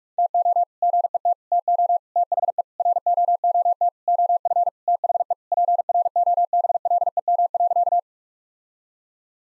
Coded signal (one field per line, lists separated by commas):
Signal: Morse code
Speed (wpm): 46 wpm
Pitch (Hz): 700 Hz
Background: none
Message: TO GET TO THE ROOT OF THE PROBLEM.